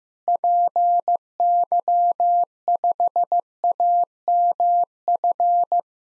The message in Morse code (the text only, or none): PY5AMF